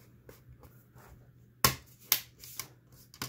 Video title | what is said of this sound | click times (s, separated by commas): Laptop screen replacement How to replace screen on Lenovo Thinkpad x240 | You hear them click once they're in, and then just work your way up. | 1.7 s, 2.1 s